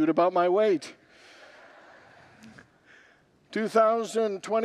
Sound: congregants laugh